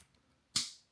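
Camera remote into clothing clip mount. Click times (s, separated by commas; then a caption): 0.6 s. A camera remote, Insta360 X5 GPS preview remote with built-in mic, is slid buttons-up into the groove of a plastic clothing clip mount. A sharp snap at 0.6 s is heard as it seats into the second groove and locks securely in place.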